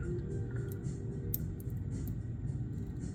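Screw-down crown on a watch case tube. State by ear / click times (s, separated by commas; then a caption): released / 1.3 s. The screw-down crown of an automatic wristwatch is turned counterclockwise off the threads of the metal case tube, tightening slightly just before it lets go. A sharp click at 1.3 s marks the crown popping free, with fainter ticks around it over a steady low rumble. The crown comes off its threads and turns loose.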